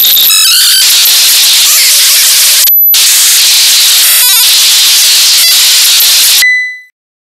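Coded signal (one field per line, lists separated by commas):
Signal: ZX Spectrum tape loading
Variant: turbo loader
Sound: loud harsh rushing data noise with short dropouts, ending in a steady high tone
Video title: ZX Spectrum Game: SBugetti Junction - 1986 - Bug-Byte Software Ltd - Turbo Loader 11 kbps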